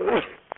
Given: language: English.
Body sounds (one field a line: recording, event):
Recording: throat vibration sensor signal played as sound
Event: cough